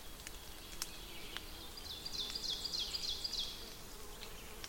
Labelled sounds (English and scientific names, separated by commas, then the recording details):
Ovenbird (Seiurus aurocapilla) song
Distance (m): 80 m
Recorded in boreal forest in Alberta, Canada, on 5 June 2016 at 08:54
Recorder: SongMeter 3, array SBT-3-51
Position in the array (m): 213 m, 20 m
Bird 27